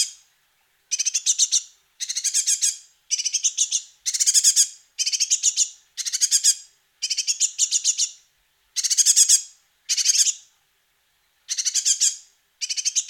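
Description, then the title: Great tit chicks giving bursts of rapid, harsh, high chirps, each burst lasting under a second and repeated roughly once a second with short silent gaps. "Sylvain Jaskowiak - Mes piafs. Mésange charbonnière - Poussins"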